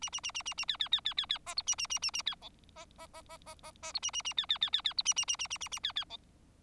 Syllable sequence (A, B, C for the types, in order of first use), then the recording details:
A A A A A A B B B B B B C D A A A A A B E C C C C C C C D A A A B B B B B D A A A A A A A B B E. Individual Bird4